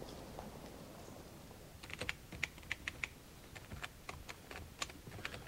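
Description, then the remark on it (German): Quiet clicking keystrokes on a computer keyboard tap out an uneven rhythm, starting sparse and then coming in quick bursts of sharp, bright clicks over a low background hum, with no voices. “Dass du so ruhig vor deinem Computer sitzen kannst, das begreife ich nicht.”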